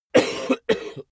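Two short, harsh cough bursts in about one second, each with a sharp onset and a brief voiced tail, from an adult man, with no other sounds behind it.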